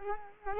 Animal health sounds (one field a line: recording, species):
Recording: mosquito wingbeat signal from an infrared sensor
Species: Culex quinquefasciatus